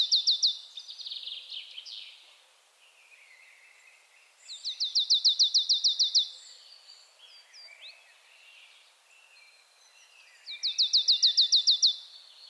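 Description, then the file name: Marsh tit giving quick rattling series of sharp, repeated notes, three bursts spaced several seconds apart, the first cut off at the start, with softer chirps and twitters between. "Poecile palustris"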